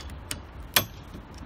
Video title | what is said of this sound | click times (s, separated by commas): Kırık Helezon Yayı Değişimi | Evet çıt diye attı Bakın şimdi artık çıkartabilirim | 0.8 s